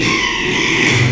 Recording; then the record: squeal of a Yucatan mini pig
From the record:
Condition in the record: after surgery on the right vocal fold (resection and tissue-engineered implant); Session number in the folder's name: 1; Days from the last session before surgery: 6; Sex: male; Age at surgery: 12 weeks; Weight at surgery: 13 kg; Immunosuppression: cyclosporine, prednisolone